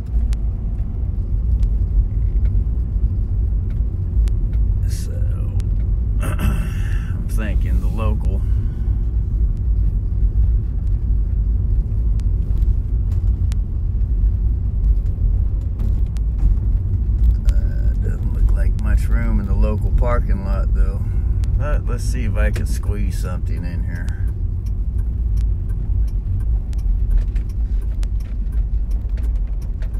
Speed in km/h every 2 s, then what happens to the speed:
15, 15, 16, 16, 15, 14, 15, 14, 17, 14, 16, 16, 13, 12, 9.
0-22 steady at about 15. 22-30 slows to 9.